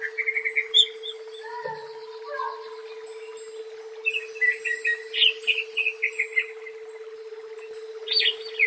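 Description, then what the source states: Leafbird song, a few whistled notes early, then a lively run of varied chirps and warbles, with a steady hum underneath. Local name cucak ijo.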